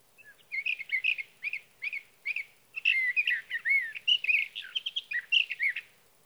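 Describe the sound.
Sage thrasher singing a rambling warble, starting with a few spaced phrases and then running into a continuous stream of quick, twisting whistled notes.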